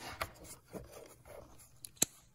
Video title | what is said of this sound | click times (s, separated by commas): How to check trans fluid level on Ford Flex (Ep 279) 6T50 6F55 6F35 6T40 | There, you heard it click. | 1.9 s, 2.0 s